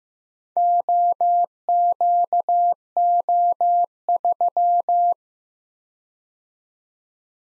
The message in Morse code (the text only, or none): OQO3